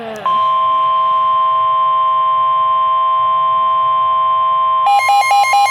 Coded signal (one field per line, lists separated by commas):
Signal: Emergency Alert System (SAME) tones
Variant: 1050 Hz attention tone